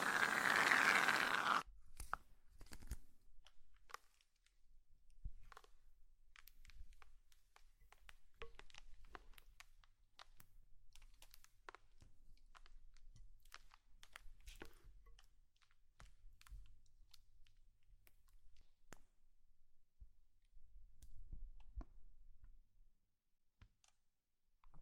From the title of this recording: ASMR Slime sounds